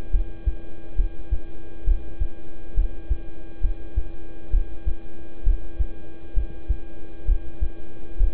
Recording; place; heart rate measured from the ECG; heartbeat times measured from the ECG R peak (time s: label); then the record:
heart sounds by stethoscope; between the tricuspid and mitral areas; 67 bpm
0.11 s: heartbeat
0.95 s: heartbeat
1.84 s: heartbeat
2.74 s: heartbeat
3.61 s: heartbeat
4.50 s: heartbeat
5.43 s: heartbeat
6.33 s: heartbeat
7.25 s: heartbeat
8.17 s: heartbeat
From the record:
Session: rest, lying down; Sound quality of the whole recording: good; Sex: male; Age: 26 years